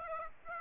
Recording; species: mosquito wingbeat signal from an infrared sensor; Aedes aegypti